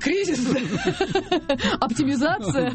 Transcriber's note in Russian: все смеются